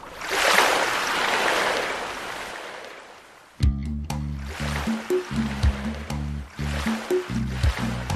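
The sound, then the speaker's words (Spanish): A broad rush of surf swells up loudly and slowly recedes for a few seconds, then a rhythmic music bed comes in while the watery hiss continues underneath. “Las olas nos dejan navegando hacia las próximas letras marinas.”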